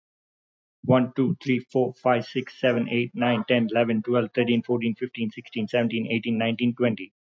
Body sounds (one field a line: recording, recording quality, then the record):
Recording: counting at a fast pace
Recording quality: excellent, no background noise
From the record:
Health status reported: recovered from COVID-19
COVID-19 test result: positive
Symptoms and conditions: cough, cold, fever, loss of smell and taste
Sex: male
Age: 32 years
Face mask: not worn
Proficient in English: yes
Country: India